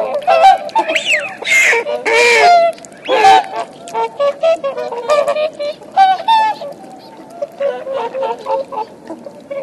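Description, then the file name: Eurasian wigeon flock calling, with a few rising-falling whistles among dense overlapping lower chattering and growling calls throughout. "anas-penelope 01"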